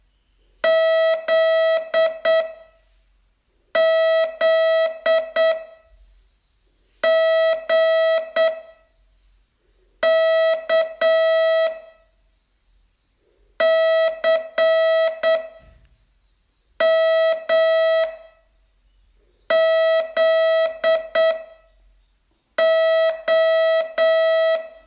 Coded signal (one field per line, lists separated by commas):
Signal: Morse code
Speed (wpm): 8 wpm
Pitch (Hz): 650 Hz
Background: none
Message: Z Z G K C M Z O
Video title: Learn Morse in 42 Days from VU2LAU - day 24